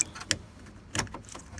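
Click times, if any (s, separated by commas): 0.3 s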